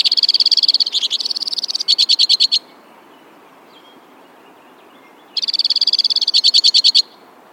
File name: suara kicauan burung white winged crossbill. omkicau